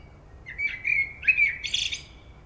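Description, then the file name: Common blackbird singing a mellow, wavering whistled phrase that finishes in a burst of thin, high chattering notes. "Turdus merula"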